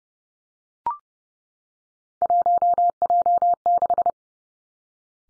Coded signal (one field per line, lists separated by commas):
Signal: Morse code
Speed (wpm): 30 wpm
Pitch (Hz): 700 Hz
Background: none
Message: 1J6